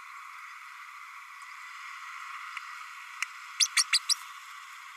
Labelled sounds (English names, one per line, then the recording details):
Green-rumped Parrotlet babbling
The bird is a female
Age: 32 days
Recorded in a nest box in Venezuela
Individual 17B32A5